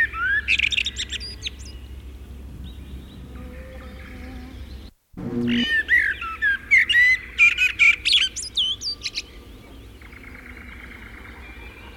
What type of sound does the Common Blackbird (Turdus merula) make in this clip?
song